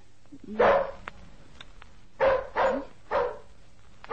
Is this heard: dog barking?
yes